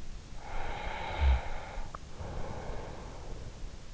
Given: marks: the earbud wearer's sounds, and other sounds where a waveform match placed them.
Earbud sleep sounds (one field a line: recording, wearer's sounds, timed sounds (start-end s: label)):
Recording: sounds in sleep by an in-ear microphone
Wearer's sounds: breath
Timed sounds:
0.09-3.69 s: breath